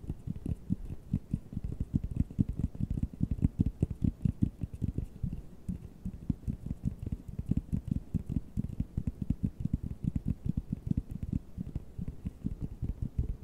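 Fast, aggressive tapping runs without pause for the whole stretch, a dense stream of quick low thuds with crisp clicky tops. The pace stays rapid and fairly even, several taps per second, with loudness bobbing slightly but never letting up.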